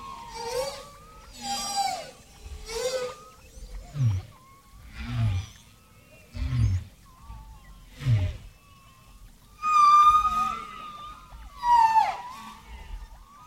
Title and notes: Whale Greetings. Sonidos a bordo de las naves Voyager I y II